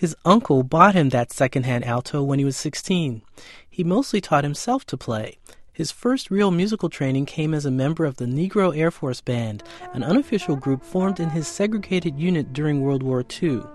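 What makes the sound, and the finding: Adult male narrator. Typical speech.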